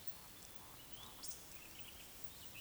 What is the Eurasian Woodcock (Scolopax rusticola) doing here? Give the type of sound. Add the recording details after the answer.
whistle, croak. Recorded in Baden-Württemberg, Germany, on 11 June 2021 at 19:54 UTC. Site 24608, 624 m above sea level